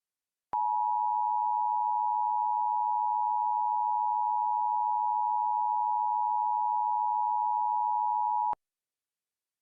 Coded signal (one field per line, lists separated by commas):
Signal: Emergency Alert System (SAME) tones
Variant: 853 and 960 Hz attention tone